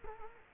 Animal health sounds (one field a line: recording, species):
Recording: mosquito wingbeat signal from an infrared sensor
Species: Culex quinquefasciatus